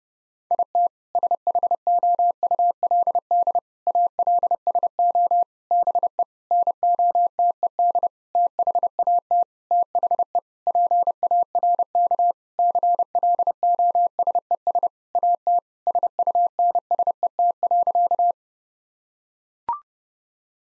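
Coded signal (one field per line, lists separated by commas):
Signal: Morse code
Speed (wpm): 32 wpm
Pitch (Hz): 700 Hz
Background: none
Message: IT SHOULD ALSO BE NOTED THAT THE PARK CLOSES AT SUNSET.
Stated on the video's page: Morse practice at 30 wpm, sentences with common seven-word phrases for head-copy.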